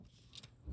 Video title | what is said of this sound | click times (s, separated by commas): b daman accessories, parts, and target collection | pop into place. It just | 0.4 s